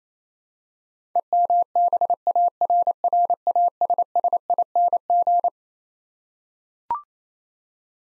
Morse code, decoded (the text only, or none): EMBARRASSING